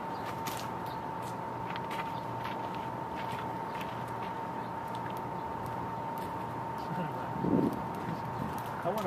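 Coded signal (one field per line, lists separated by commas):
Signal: PSK31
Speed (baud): 31.25 baud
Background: speech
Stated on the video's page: PSK31 contact made with an iPad application, called the first known PSK31 contact using an iPad.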